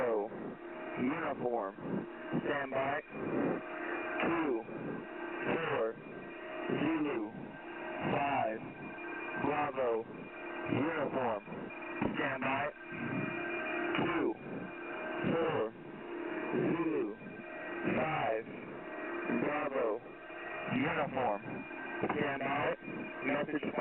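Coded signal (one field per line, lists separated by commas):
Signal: coded military voice message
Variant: Emergency Action Message, English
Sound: male voice reading phonetic letters and numbers over HF radio, repeated, then 'message follows'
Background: radio static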